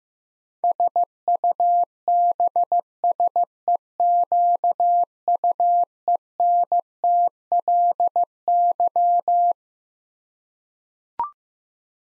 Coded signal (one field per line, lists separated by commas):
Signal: Morse code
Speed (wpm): 15 wpm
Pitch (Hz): 700 Hz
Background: none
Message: SUBSEQUENTLY